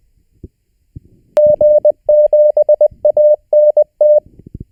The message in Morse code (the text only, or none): G7ANT